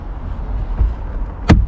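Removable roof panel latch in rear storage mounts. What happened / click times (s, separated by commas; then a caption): The panel latch locked into place / 1.5 s. The removable roof panel of a Chevrolet C8 Corvette Z06 70th Anniversary Z07 3LZ is stowed in the rear storage mounts, with its pins going into the holes and its latch pressed down. Over a low rumbling background with a soft thump near 0.8 s, a single sharp click rings out at 1.5 s. The latch locks into place, and the panel is seated.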